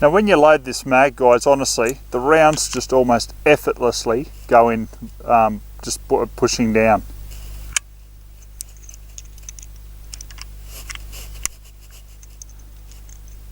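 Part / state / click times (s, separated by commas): rifle cartridge into detachable magazine / seated / 7.8 s, 8.6 s, 9.2 s, 10.1 s, 11.0 s, 11.5 s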